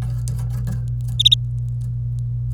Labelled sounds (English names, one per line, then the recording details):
Domestic Canary song
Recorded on 26 April 2018 at 08:36
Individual llb3